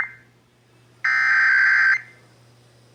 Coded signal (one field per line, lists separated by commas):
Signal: Emergency Alert System (SAME) tones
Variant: header bursts